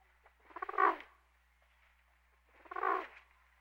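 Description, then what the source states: Pigeon cooing: two deep, rolling, throaty coos about two seconds apart, with quiet between them. Male.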